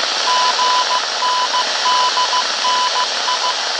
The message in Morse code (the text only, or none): GNDNI